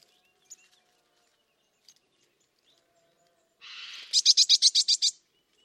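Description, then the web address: Bird call: a short buzzy burst followed by a rapid series of about eight high pulsed notes, with faint scattered chirps before it. "Bird Only"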